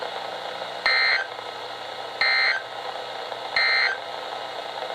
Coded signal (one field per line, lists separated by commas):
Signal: Emergency Alert System (SAME) tones